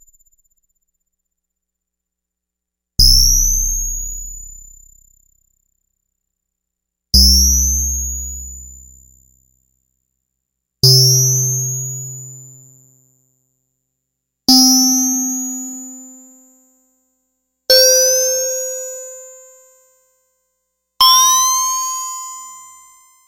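Six separate bell-like strikes ring out about every three to four seconds, each pitched higher than the last, with long metallic decays.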